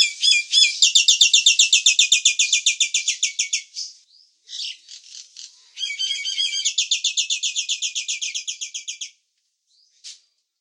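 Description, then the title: Nias hill myna delivering long rapid trains of harsh buzzy pulses, a brief pause with softer scratchy notes, then another fast pulsed run ending in a short squeak. "burung jalak nias"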